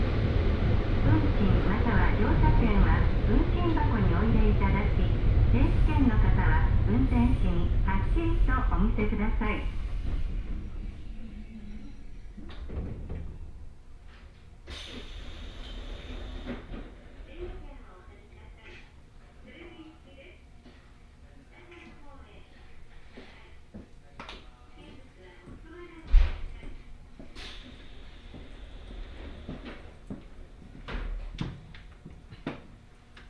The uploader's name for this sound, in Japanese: 鉄道旅 北陸鉄道石川線 野町→鶴来